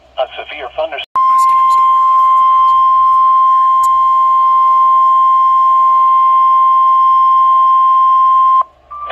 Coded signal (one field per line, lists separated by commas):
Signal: Emergency Alert System (SAME) tones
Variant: 1050 Hz attention tone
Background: speech